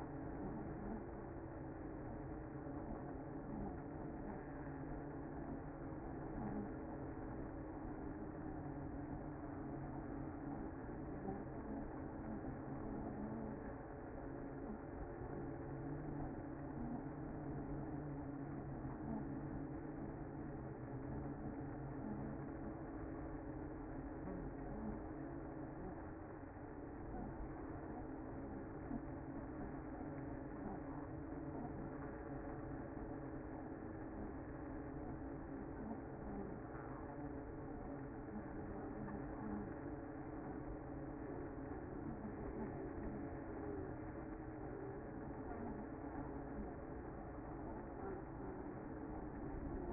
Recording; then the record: honeybee colony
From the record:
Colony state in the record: active